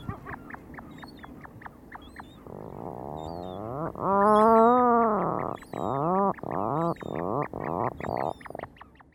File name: Pticy Rossii - Tupik Fratercula arctica